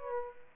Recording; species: mosquito wingbeat signal from an infrared sensor; Aedes aegypti